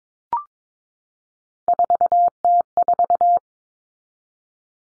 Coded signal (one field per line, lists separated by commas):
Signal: Morse code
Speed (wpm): 22 wpm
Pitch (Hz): 700 Hz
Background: none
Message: 4T4